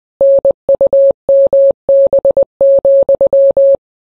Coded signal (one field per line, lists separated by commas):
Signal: Morse code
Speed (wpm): 20 wpm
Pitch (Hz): 550 Hz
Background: none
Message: NUMB,